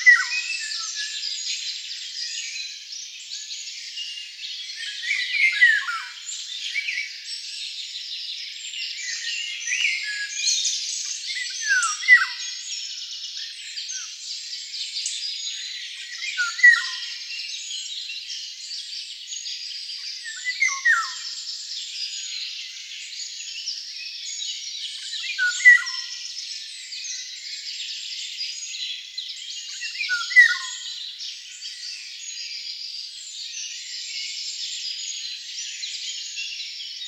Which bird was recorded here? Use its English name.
Eurasian Golden Oriole